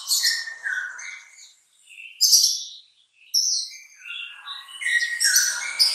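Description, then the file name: Bulbul song, clear whistled phrases and high chirps separated by short pauses, growing busier toward the end. "suara kutilang trucukan"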